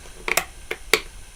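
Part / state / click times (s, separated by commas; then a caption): plastic motor cover going onto a quadcopter arm / seated / 0.9 s. A plastic motor cover on a Syma X8HG quadcopter arm is pushed back on after greasing the motor. Several sharp plastic clicks are heard, and the loudest one at 0.9 s marks the cover seating into position.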